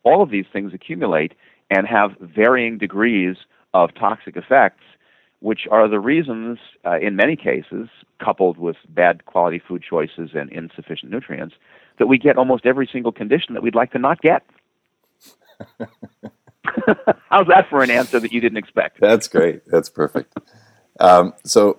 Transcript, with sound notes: All of these things accumulate and have varying degrees of toxic effects, which are the reasons, in many cases, coupled with bad quality food choices and insufficient nutrients, that we get almost every single condition that we’d like to not get! [Laughs] How’s that for an answer that you didn’t expect?!
That’s great! That’s perfect! So,